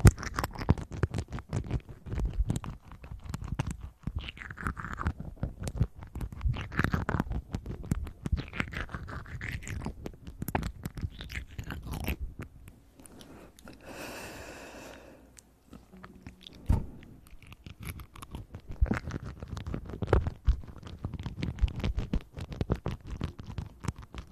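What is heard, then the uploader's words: Ear eating: dense, wet crackles and smacking clicks packed tightly together, with low rumbling and sliding squelches rising and falling. Around the middle the sound thins to a quieter stretch with a brief airy hiss, then the crunchy mouth noises resume through the end. Relaxing Ear Eating.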